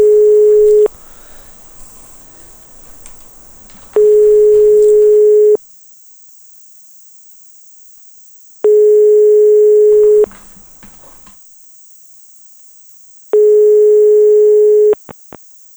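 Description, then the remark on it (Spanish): A telephone line tone after redialing: four steady, mid-pitched beeps, each lasting about a second and a half, separated by longer pauses, over a faint high-pitched hiss. “Marca otra vez, a ver si sale el teléfono.”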